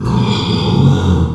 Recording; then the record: squeal of a Yucatan mini pig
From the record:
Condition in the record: after surgery on the right vocal fold (resection and tissue-engineered implant); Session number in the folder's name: 17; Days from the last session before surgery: 195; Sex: female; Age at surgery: 19 weeks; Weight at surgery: 25 kg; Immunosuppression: prednisolone